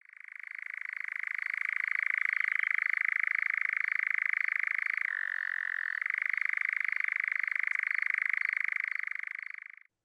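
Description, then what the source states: Eurasian nightjar churring: an unbroken, rapid mechanical trill held for about ten seconds, briefly shifting in pitch midway before resuming. Played recording, for comparison with the call of the satanic nightjar.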